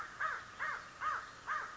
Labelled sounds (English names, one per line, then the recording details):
American Crow
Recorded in Sonoma County, California